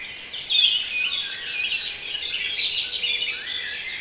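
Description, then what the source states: Birds chirping and trilling together, bright high notes and short whistles layered thickly. Intended for relaxation.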